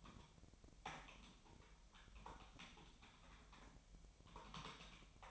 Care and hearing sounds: daily activity, microphone in the room; typing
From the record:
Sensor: 1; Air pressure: 1009.5 hPa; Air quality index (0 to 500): 195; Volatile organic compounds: 19 ppm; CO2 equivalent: 2668 ppm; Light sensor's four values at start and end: 30/77/32/38 and 30/76/32/38

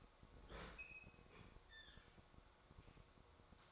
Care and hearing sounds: daily activity, microphone in the room; open fridge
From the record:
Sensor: 3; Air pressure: 1004.5 hPa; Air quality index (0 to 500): 191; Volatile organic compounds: 13 ppm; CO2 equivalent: 2396 ppm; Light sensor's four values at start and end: 5/13/5/5 and 5/13/5/5

